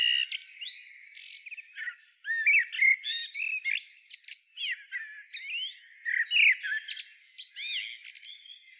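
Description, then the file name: Common blackbird uttering a continuous stream of squeaky, twittering and chattering notes with short sliding whistles, broken by brief pauses. "Turdus merula"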